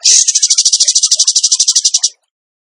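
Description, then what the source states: Bird song: one fast, buzzy trill of evenly spaced high pulses lasting about two seconds, then silence. Masteran (training recording) of a bird singing in the tembakan gacor style.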